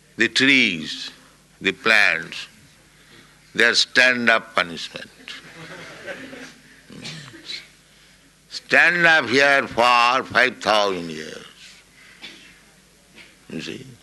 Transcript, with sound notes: The trees, the plants, they are stand-up punishment. [laughter] "Stand up here for five thousand years." You see?